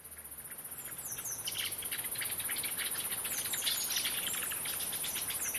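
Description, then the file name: Dusky thrush calls: thin, high whistles that slide downward, given several times, over a constant shrill insect drone and scattered sharp ticks. "tsugumi"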